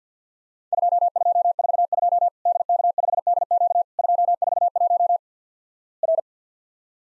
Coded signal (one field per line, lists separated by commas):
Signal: Morse code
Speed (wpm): 51 wpm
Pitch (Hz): 700 Hz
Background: none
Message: 2242 DK5DQ 241 R